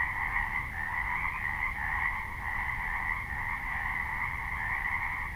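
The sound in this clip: Many frogs croaking at once, a constant throbbing drone with slight surges and dips in strength, over low rumbling noise.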